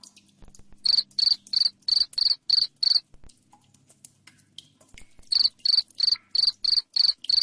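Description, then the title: Cricket chirping in two runs of loud, rhythmic chirps, about three per second, separated by a quieter stretch with faint rustles. Loud chirping played to make lovebirds keep singing. "Suara JANGKRIK NGERIK Keras Bikin LOVEBIRD Jadi NGEKEK Terus Vubey"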